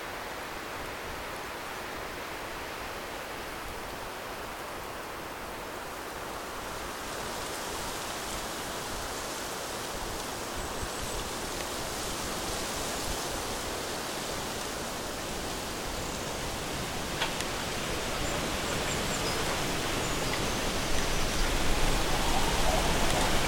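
Wind rushes through a bamboo forest in a dense, steady hiss that fills the whole clip. The rustling grows brighter and louder after about seven seconds and keeps building toward the end, with a brief sharp crackle of leaves near seventeen seconds.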